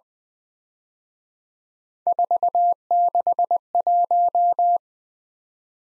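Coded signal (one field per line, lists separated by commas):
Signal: Morse code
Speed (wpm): 20 wpm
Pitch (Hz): 700 Hz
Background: none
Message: 461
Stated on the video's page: Speed-Racing Morse drill of three letter-number combinations that starts fast and slows to 17 wpm base speed, then sends a final repeat at maximum speed.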